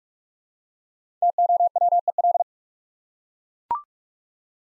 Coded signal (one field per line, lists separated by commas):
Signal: Morse code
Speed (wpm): 44 wpm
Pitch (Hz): 700 Hz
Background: none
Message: TOWEL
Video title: Easy Words with Hints - 45wpm